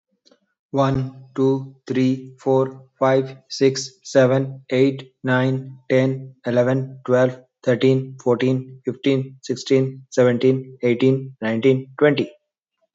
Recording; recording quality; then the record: counting at a fast pace; excellent, no background noise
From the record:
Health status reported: healthy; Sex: male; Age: 44 years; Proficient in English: yes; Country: India